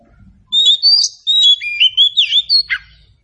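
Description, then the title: Oriental magpie-robin song of clear piping whistles and rolling slurred notes, varied in pitch, with a quick harsh note near the end. Indonesian title says the recording is meant to make magpie-robins sing in reply. "Nyaut Kacer"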